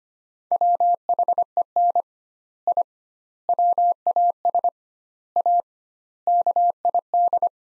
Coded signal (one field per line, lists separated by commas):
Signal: Morse code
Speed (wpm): 25 wpm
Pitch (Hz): 700 Hz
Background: none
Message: WHEN I WAS A KID